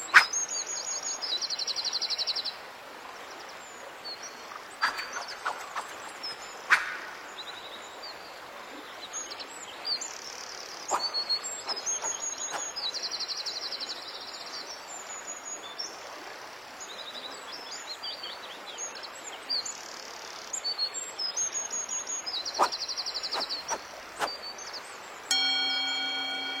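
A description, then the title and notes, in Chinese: Mountain stream water rushes softly and steadily throughout, while birds chirp in short, high, repeated bursts every few seconds. Scattered sharp clicks and taps come around 5–7, 11–13 and 22–25 seconds, and a sustained ringing tone enters near the end. 白噪音 中国风 高山流水 武侠练剑修仙氛围。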